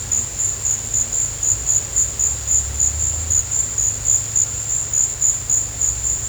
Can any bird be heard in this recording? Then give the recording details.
no. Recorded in dense forest near Puerto Asís, Putumayo, Colombia, on 16 December 2024 at 16:30. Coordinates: 0.468, -76.322. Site G071